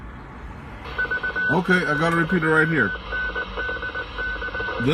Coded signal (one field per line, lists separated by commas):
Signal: Morse code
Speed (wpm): 19 wpm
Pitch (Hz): 1500 Hz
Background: speech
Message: VA3NDC